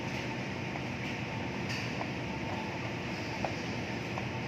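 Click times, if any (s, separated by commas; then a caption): 3.5 s. A fluorescent lamp starter is inserted into its fixture socket and slowly rotated over a steady background hum. A single short click at 3.4 s marks it locking in place. The starter is seated.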